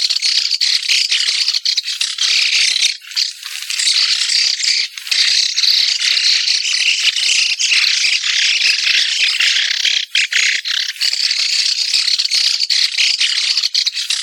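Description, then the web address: White-cheeked starlings chattering continuously, a dense wash of shrill, rasping calls from many birds with short lulls. "sikioto. mukudori"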